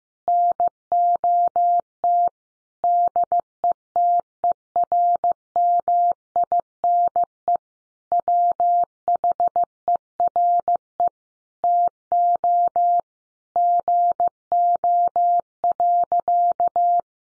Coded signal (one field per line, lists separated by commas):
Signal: Morse code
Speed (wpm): 15 wpm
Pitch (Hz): 700 Hz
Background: none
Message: NOT DETERMINE WHERE TO GO.